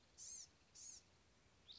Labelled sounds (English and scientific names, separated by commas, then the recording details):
Blue-gray Gnatcatcher (Polioptila caerulea)
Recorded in Sonoma County, California